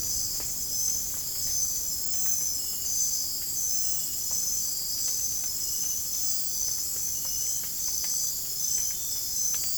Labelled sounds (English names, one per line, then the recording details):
none
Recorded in dense forest near Puerto Asís, Putumayo, Colombia, on 27 June 2025 at 21:00
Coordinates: 0.503, -76.323
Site G059